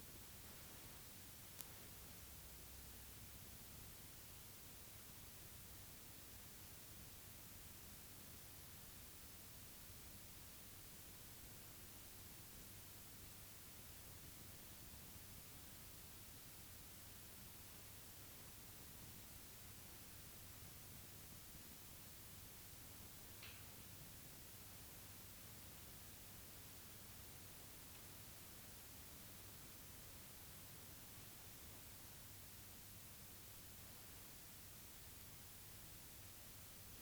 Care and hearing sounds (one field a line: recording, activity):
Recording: daily activity, guitar pickup as the sensor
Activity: stand